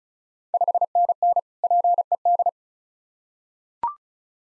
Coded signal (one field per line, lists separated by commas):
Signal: Morse code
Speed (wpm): 36 wpm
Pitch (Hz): 700 Hz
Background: none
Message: 5NN PED